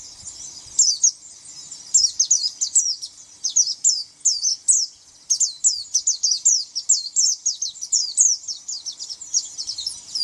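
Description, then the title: White-eye song: a rapid stream of thin, high twittering notes, becoming nearly continuous after a few opening bursts. "Pleci"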